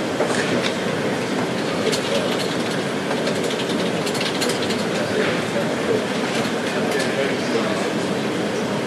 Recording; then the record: background sound without coughing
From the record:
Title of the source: Office Sounds Ambience - Background Noise for Study and Work